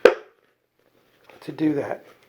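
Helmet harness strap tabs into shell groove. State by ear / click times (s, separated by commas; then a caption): not seated / none. The plastic tabs of an ECHO safety helmet's center harness strap are handled, to be pushed with some force into the groove inside the helmet. A short sharp knock comes at the start, then near silence, then someone talks. Nothing has seated or clicked yet.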